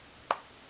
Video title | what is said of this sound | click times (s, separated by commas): Gopro Hero 4 Black edition review | as you can see it just snaps right in | 0.3 s